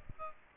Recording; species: mosquito wingbeat signal from an infrared sensor; Aedes aegypti